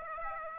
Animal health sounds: mosquito wingbeat signal from an infrared sensor; Aedes aegypti

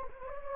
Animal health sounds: mosquito wingbeat signal from an infrared sensor; Anopheles gambiae

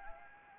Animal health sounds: mosquito wingbeat signal from an infrared sensor; Anopheles gambiae

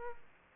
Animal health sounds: mosquito wingbeat signal from an infrared sensor; Aedes aegypti

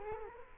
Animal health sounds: mosquito wingbeat signal from an infrared sensor; Culex quinquefasciatus

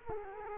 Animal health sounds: mosquito wingbeat signal from an infrared sensor; Culex quinquefasciatus

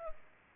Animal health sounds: mosquito wingbeat signal from an infrared sensor; Culex pipiens

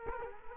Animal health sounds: mosquito wingbeat signal from an infrared sensor; Culex quinquefasciatus

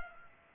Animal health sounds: mosquito wingbeat signal from an infrared sensor; Culex pipiens

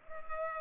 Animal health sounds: mosquito wingbeat signal from an infrared sensor; Culex pipiens

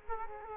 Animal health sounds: mosquito wingbeat signal from an infrared sensor; Culex quinquefasciatus

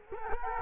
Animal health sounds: mosquito wingbeat signal from an infrared sensor; Culex quinquefasciatus

